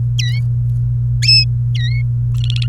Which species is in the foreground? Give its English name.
Domestic Canary